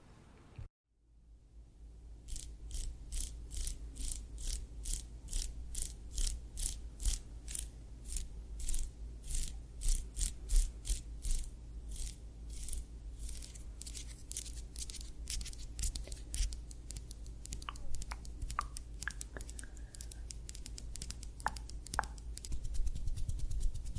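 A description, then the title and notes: A scalp massage made of quick, crisp scratching strokes, repeating at a fairly regular pace. The scratches start after a short silence and grow busier and denser toward the end. A steady low hum runs underneath throughout. ASMR Scalp Massage of Your Dreams.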